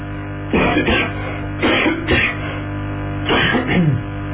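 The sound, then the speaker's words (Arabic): Several rough coughs from a lecturer with a lingering cough during a talk on hadith come in short bursts, about three or four separate fits spread across a few seconds, over a steady low electrical hum with no speech. “معايا شباب اظن بقى موضوع كحة بقى له طول معانا شويه فاعذرونا.”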